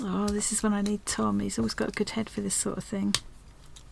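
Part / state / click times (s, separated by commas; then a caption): metal insert into a craft tool holder / not seated / none. Someone talks for most of the clip while handling a metal insert for a craft tool holder, after earlier tries failed to catch because it wasn't pushed in far enough. A brief sharp sound comes at about 3.8 s as the talking stops. Nothing has seated or clicked yet; the part is still being handled and is not yet home.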